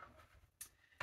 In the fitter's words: it does all lock into place